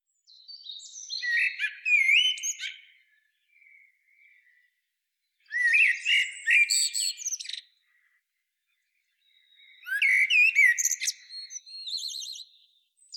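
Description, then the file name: Common blackbird song: three separate phrases a few seconds apart, each mixing low warbled notes with high squeaky twittering flourishes. "Turdus merula"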